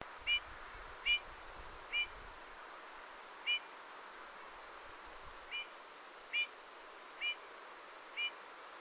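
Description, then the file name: Eurasian bullfinch giving soft, short piping notes, eight in about nine seconds at uneven gaps, over steady background hiss. "Pyrrhula pyrrhula"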